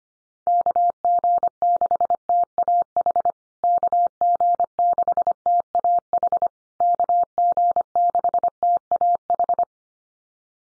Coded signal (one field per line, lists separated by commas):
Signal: Morse code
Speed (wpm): 25 wpm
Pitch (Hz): 700 Hz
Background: none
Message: KG6TAH KG6TAH KG6TAH